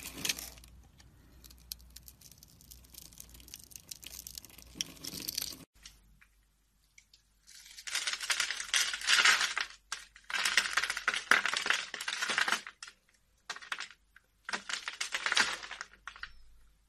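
Soap carving: dry scraping and crisp shaving bursts in uneven bouts, with quieter faint scratching early and brief silent pauses between strokes.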